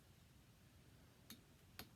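A plastic or die-cast part from a partwork Nissan model car kit is pressed into its mounting on the model car body or chassis. Against a quiet background, two short sharp clicks sound at 1.3 s and 1.8 s, the second one louder. The part pops into place and is seated.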